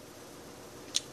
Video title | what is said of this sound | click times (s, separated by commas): Unboxing the Hawkeye lll quadcopter assembly control review | when you wire this together just go ahead and click that together | 1.0 s